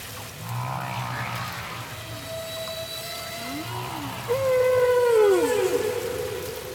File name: Humpback Whales